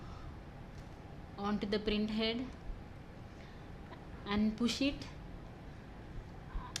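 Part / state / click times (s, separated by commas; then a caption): ribbon mask onto printer printhead / seated / 6.8 s. A plastic green ribbon mask is pushed onto the printhead of a TVS Speed40plus printer during installation while someone talks. A sharp click at 6.8 s shows the mask has seated and is fixed properly.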